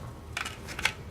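A magazine loaded with dummy rounds is pushed up into the magazine well of a CZ Scorpion pistol-caliber carbine. Short rattling and scraping sounds come first, then a sharp metallic click at 0.9 s as the magazine latches and seats.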